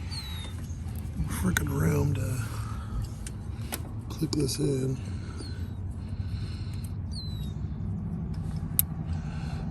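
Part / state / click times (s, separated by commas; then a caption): wiring connector into sensor on a car / seated / 8.8 s. In the cramped engine bay of a Dasher, a plastic electrical connector is pushed onto a sensor while someone talks, with some muffled handling noise in between. A sharp snap at 8.8 s marks the connector seating, and it is confirmed in.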